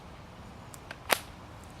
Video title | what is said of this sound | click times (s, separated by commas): 20170709 - Ryobi chainsaw | this battery operated battery goes right in here snaps into place | 1.1 s